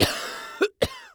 Human Male Coughing Smoker's Cough.